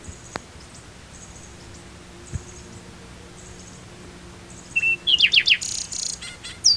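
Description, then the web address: Bird calls: faint thin high notes at first, then a short steady whistle followed by a loud run of quick downslurred chirps, over quiet background hiss. "BIRD 2015 SABIOD 50 bird 2015"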